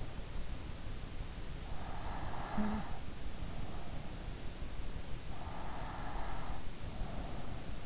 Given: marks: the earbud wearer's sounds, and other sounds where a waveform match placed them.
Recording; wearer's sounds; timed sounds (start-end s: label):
sounds in sleep by an in-ear microphone; snoring breath, breath
1.30-3.35 s: snoring breath
5.42-7.86 s: breath